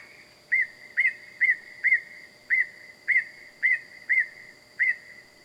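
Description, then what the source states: Bird giving several short whistled notes, repeated roughly every half second, with a constant thin high tone in the background. Loud bird calling at night in the wild.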